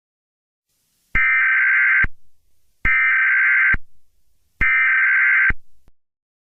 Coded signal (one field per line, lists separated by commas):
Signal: Emergency Alert System (SAME) tones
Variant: header bursts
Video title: Eas scenario 1 the tds zombie invasion (read description)